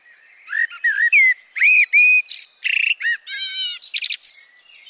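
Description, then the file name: Eurasian blackbird giving a busy string of whistled and buzzy chirps, some rising and falling, ending in a few high, thin notes. "Turdus merula"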